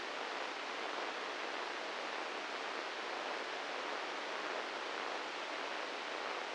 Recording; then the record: brain microelectrode recording played as sound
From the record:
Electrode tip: inside the subthalamic nucleus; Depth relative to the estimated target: 2 mm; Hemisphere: right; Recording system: NeuroSet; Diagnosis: Parkinson's disease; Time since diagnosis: 15 years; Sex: male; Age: 65 years